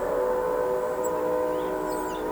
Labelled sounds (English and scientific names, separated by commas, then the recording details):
Tropical Kingbird (Tyrannus melancholicus)
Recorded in pastures near Pivijay, Magdalena, Colombia, on 17 April 2023 at 06:30
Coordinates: 10.456, -74.369
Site P6-G026